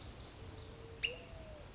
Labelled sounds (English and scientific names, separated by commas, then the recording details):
California Towhee (Melozone crissalis)
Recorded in Sonoma County, California